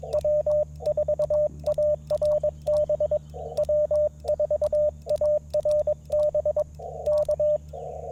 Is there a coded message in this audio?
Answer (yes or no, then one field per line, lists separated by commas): yes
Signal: Morse code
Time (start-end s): 0.1-7.6 s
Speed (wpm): 22 wpm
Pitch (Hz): 590 Hz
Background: radio noise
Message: W4ARB W4ARB K